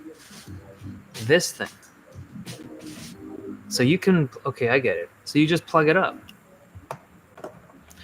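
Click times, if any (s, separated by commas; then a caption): 6.9 s. Someone talks as a detachable, flippable number pad/trackpad module is plugged into its slot on a laptop body. The module snaps in magnetically with a sharp click at 6.9 s, seating it in place, followed by a few faint ticks.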